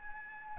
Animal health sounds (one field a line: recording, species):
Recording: mosquito wingbeat signal from an infrared sensor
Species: Aedes albopictus